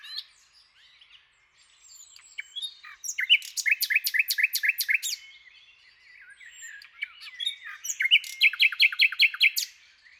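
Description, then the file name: Common nightingale singing, with soft scattered notes building into a loud repeated-note trill, a quieter interlude, and a second vigorous trill. "Luscinia megarhynchos"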